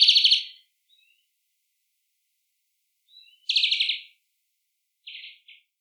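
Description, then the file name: European greenfinch calls: short rapid trilled bursts, slightly buzzy, heard at the start and again after three seconds, followed by two briefer, softer bursts. "Chloris chloris"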